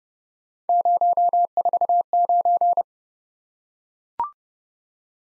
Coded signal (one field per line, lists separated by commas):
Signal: Morse code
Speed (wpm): 29 wpm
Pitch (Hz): 700 Hz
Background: none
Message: 049